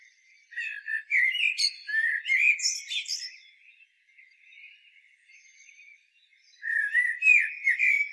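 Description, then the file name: Common blackbird song: melodious fluted notes breaking into shrill high twitters, then a quiet spell and another warbled phrase beginning. "Turdus merula"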